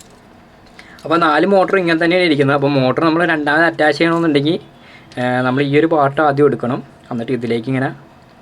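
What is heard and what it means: A plastic motor holder part is being handled and brought toward a toy drone's motor mount while reattaching the drone motor, as someone talks throughout. Two faint ticks occur near 0.0 and 0.8 seconds before the talking begins. The clip ends before the part goes home, so nothing has seated or clicked yet.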